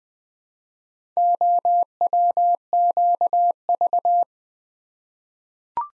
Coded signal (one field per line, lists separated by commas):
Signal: Morse code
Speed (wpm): 20 wpm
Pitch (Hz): 700 Hz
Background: none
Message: OWQV